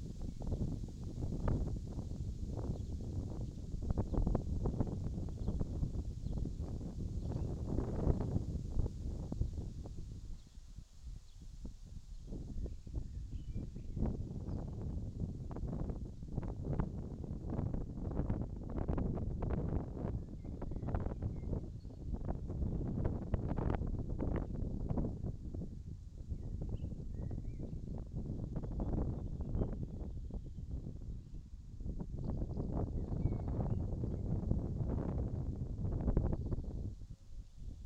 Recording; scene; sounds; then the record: everyday scene through a hearing-aid microphone; wind on the microphone; wind, birds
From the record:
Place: in front of a rural house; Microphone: in the ear canal, left